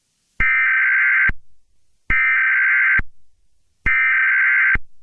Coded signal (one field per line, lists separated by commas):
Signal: Emergency Alert System (SAME) tones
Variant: header bursts